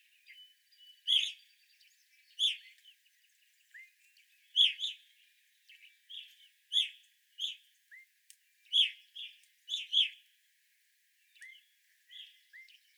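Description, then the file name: Evening grosbeak calls, loud clear chirps given singly or in pairs every second or so, with a few soft slurred notes between them. Several evening grosbeaks recorded on 25 April 2021. "2021-04-25 Evening Grosbeaks"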